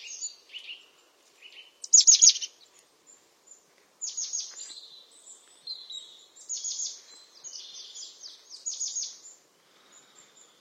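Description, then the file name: European crested tit song: sharp high notes, then a long loose series of thin chirps and purring trills running almost continuously. "Canto do chapim de crista"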